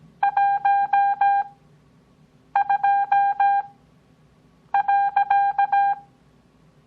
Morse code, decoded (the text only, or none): 12.